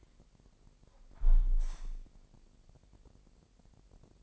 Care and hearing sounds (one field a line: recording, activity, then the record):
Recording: daily activity, microphone in the room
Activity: close window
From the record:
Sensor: 5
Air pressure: 1000.4 hPa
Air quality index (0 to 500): 248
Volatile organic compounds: 35 ppm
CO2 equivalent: 3056 ppm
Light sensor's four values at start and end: 34/78/31/29 and 34/78/31/29